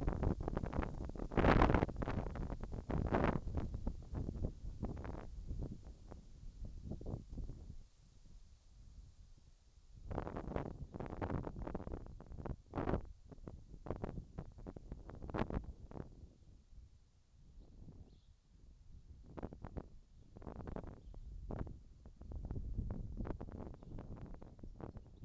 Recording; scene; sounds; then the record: everyday scene through a hearing-aid microphone; wind on the microphone; wind, whistling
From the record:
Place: in front of a rural house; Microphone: in the ear canal, left